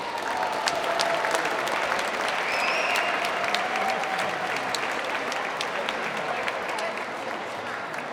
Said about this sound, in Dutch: Dus de hele programmeringclub, super, fantastisch. Geef ze een applaus.